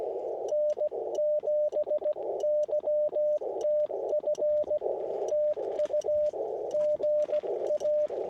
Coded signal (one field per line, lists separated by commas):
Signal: Morse code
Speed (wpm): 16 wpm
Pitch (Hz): 600 Hz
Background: radio noise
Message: N7YTF TU GA